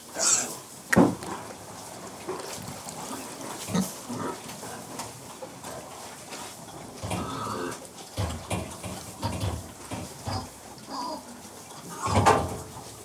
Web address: The BBC Sound Effects Library Livestock Feeding Pigs